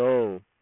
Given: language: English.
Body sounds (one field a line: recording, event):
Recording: throat vibration sensor signal played as sound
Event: speech